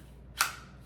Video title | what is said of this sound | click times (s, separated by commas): Blade Tech Tek-Mount Holster System | and locks into place so you've got your holster Mount there | 0.4 s